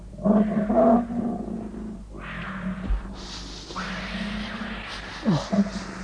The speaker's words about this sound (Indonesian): Harimau. Bagaimana ini? Bagaimana kalau harimau itu kemari?